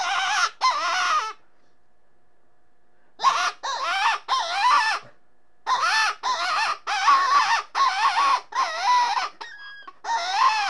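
Rabbit giving harsh, quavering screams in short bursts, a two-second pause after the opening cries, then a long irregular series with a thinner, steadier note near the end.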